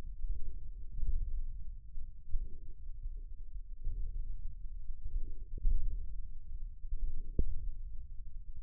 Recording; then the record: forearm muscle sounds (acoustic myography)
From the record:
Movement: wrist extension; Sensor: system 1, eight BSWA MPA416 microphones around the upper forearm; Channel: 6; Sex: male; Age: 54 years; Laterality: right